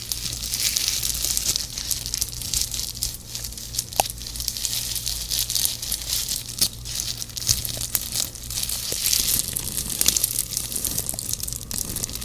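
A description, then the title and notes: Stickers and tape being handled with gloves: a continuous crinkly rustle with frequent sharp peeling and tearing bursts, bright and hissy rather than low. Small clicks stand out near four and ten seconds, and a steady low hum runs underneath throughout. ASMR | stickers + tape + gloves (no talking).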